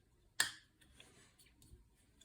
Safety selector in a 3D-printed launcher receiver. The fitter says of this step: so make sure it blocks the trigger push it again on fire make sure that it just clicks in place